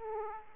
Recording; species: mosquito wingbeat signal from an infrared sensor; Aedes aegypti